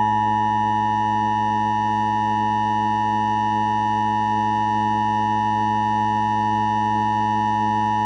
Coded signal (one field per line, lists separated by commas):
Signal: Emergency Alert System (SAME) tones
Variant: 853 and 960 Hz attention tone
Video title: EAS Shorts: Required Monthly Test